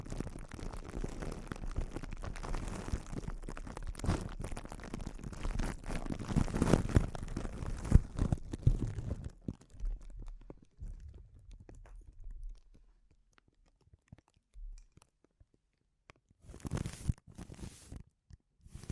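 Sensitive crinkles: dense, busy crackling and rustling fills the first ten seconds, with low rumbly handling underneath and sharp snaps throughout. After that it thins to sparse, quiet ticks and near-silence, then bright bursts of crinkling return around seventeen to eighteen seconds.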